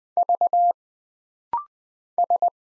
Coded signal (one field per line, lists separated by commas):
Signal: Morse code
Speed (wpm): 20 wpm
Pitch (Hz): 700 Hz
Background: none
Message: V S